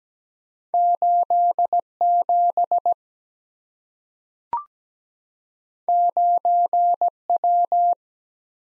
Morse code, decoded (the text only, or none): 87 9W